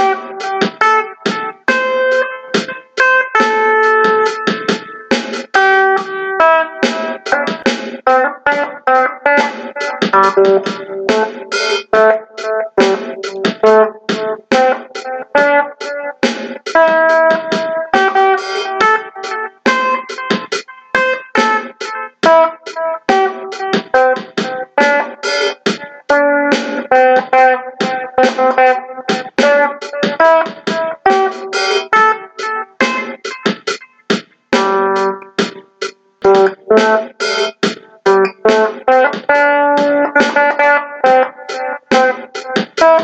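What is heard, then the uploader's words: Electric guitar plays pentatonic scale runs, a steady stream of quick single notes that climb and fall through the middle and upper range. The picking is dense and fairly even, with brief gaps between phrases and no other instruments behind it. Fun with the Guitar - Practicing Pentatonic tones. This podcast reveals the cool sounds of practicing Pentatonic scales on the electric guitars.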